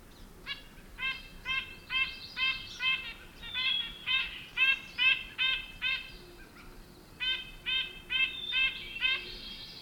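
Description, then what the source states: Red-breasted nuthatch giving cheery nasal toots, short tinny horn-like notes repeated about twice a second in steady runs, with a brief pause midway. Male flies toward the recordist and gives cheery nasal toots, a silly sound like a kid's toy; binaural recording at a campground among towering Douglas firs in a light breeze.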